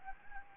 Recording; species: mosquito wingbeat signal from an infrared sensor; Anopheles gambiae